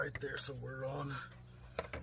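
Someone talks while handling the electrical plug for a new 88mm Fastman throttle body on a RAM 1500 5.7 HEMI truck engine; the connector, which has a red locking pin, is about to be pushed back on. Two short, sharp knocks sound near 1.8 s and 1.9 s. The plug has not seated or clicked in yet.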